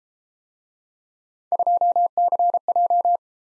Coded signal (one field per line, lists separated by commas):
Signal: Morse code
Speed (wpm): 32 wpm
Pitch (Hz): 700 Hz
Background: none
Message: 2CJ